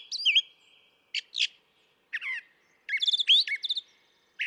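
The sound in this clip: Brown thrasher song with a mix of rich slurred whistles and harsh chirps, phrases often doubled, gaps between groups.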